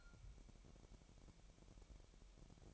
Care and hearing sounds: daily activity, microphone in the room; take from stove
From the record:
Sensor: 1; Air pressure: 1012.1 hPa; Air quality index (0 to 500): 224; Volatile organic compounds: 5 ppm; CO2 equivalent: 1790 ppm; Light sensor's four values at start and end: 74/175/75/79 and 74/175/74/79

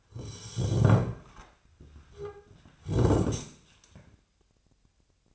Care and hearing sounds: daily activity, microphone in the room; sit down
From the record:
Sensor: 2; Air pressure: 1007.8 hPa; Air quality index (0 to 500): 180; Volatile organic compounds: 10 ppm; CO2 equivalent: 2210 ppm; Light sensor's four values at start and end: 10/24/10/10 and 10/23/10/10

